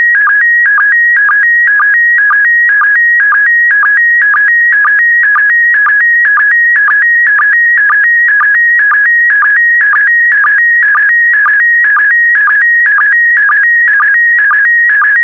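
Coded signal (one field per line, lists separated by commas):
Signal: SSTV (slow-scan television)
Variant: PD120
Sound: steady warbling tone alternating between two pitches, with short low blips about twice a second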